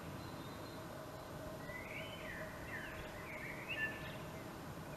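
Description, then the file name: Common blackbird singing a soft, fluty warbled phrase that rises and falls, with a steady background hiss. "Turdus merula"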